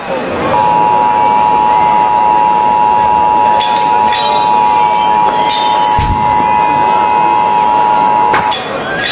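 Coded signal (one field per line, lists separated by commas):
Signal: Emergency Alert System (SAME) tones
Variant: 853 and 960 Hz attention tone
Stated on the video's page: Simulated EAS scenario, a fictional alert.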